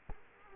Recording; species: mosquito wingbeat signal from an infrared sensor; Culex quinquefasciatus